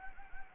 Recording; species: mosquito wingbeat signal from an infrared sensor; Anopheles gambiae